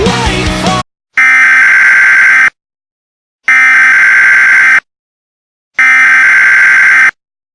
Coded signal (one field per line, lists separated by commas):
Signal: Emergency Alert System (SAME) tones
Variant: header bursts